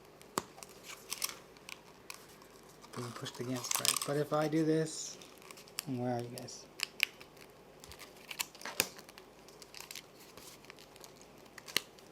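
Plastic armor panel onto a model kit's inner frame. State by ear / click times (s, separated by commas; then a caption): not seated / none. A plastic armor panel is handled and pressed toward the inner frame of a plastic model kit, producing scattered sharp plastic ticks and light handling noise while someone talks. The clip ends before the part goes home; nothing has seated or clicked yet.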